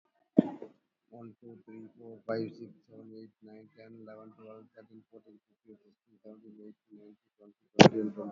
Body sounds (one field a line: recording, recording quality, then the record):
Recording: counting at a fast pace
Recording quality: excellent, no background noise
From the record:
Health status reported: COVID-19 positive, moderate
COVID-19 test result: positive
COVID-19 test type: RT-PCR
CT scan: not taken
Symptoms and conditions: cough, cold, muscle pain, hypertension, diabetes, ischaemic heart disease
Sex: male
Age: 57 years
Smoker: yes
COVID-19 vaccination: both doses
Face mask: worn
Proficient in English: yes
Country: India